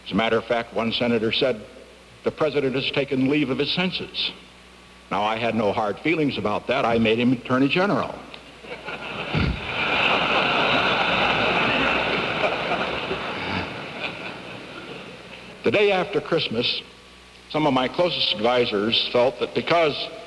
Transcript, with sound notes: As a matter of fact, one Senator said, “The President has taken leave of his senses.” Now, I had no hard feelings about that. I made him Attorney General. [Laughter] The day after Christmas, some of my closest advisers felt that because